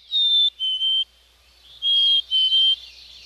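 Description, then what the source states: Black-capped Chickadee whistled song, two clear notes, a higher one then a slightly lower one, given twice in a few seconds over a quiet background. Phoebe song, a courtship song of hormonal activity, signalling chickadees getting ready to separate out of the flock and form pair bonds.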